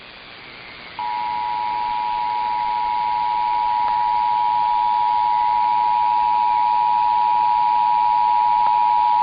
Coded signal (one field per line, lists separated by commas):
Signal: Emergency Alert System (SAME) tones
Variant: 853 and 960 Hz attention tone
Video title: U.S National Periodic EAS Test Oct 2023